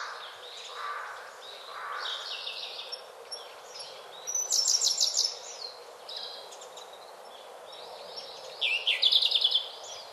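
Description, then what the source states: Siberian blue robin singing two fast, high, rattling bursts about four seconds apart, each roughly a second long, with other birds chirping quietly throughout. Recorded 27 April 2008.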